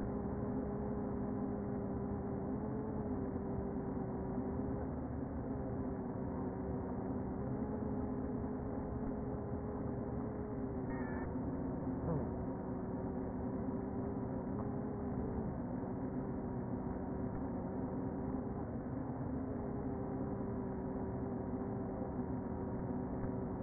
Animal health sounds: honeybee colony, microphone inside the hive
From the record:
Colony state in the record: queen present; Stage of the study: before two queens were removed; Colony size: about 60,000 bees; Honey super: yes

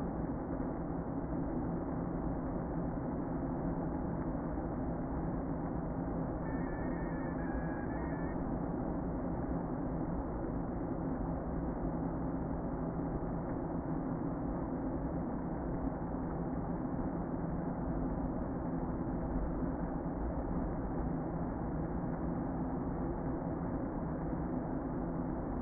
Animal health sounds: honeybee colony, microphone inside the hive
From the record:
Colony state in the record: queen present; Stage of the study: before two queens were removed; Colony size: about 60,000 bees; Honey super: yes

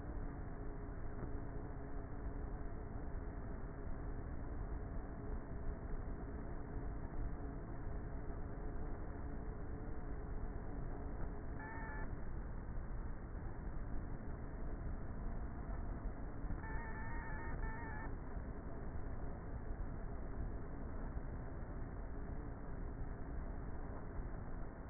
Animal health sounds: honeybee colony, microphone inside the hive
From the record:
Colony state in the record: queenless with a low population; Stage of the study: before two queens were removed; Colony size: about 30,000 bees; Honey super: no

